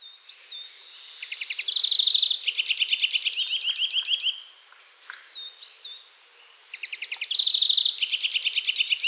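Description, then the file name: European greenfinch singing rapid buzzy trills and rattling chirp series in two bursts, with brief wheezy slurred notes in between. "Chloris chloris"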